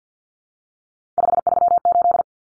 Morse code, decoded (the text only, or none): 538